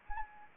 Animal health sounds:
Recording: mosquito wingbeat signal from an infrared sensor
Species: Anopheles arabiensis

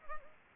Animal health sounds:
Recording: mosquito wingbeat signal from an infrared sensor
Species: Anopheles arabiensis

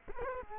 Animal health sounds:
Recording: mosquito wingbeat signal from an infrared sensor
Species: Culex quinquefasciatus

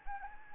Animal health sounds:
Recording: mosquito wingbeat signal from an infrared sensor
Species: Anopheles gambiae

